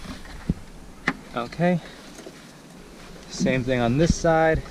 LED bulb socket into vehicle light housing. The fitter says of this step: until it clicks okay